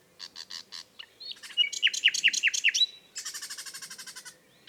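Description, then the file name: Common nightingale song: three spaced chirping notes, then a run of sharp downslurred whistles, ending in a fast, even trill of dry repeated notes. "Luscinia megarhynchos"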